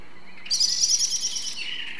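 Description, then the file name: Common blackbird giving a loud, high, rapid chattering burst lasting about a second, then fading. "Turdus merula"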